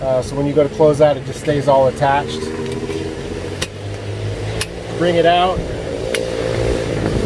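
Someone talks while pulling out the telescoping ladder of a Torro Offroad roof top tent, with passing road traffic and a steady vehicle hum underneath and brief sharp knocks near 3.6, 4.6 and 6.2 s. The ladder section is being handled toward locking into the next section, but nothing has seated or clicked yet.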